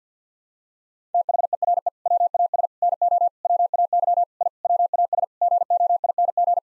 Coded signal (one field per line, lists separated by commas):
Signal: Morse code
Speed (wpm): 50 wpm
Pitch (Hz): 700 Hz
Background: none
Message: THERE WAS NO WAY I WAS GOING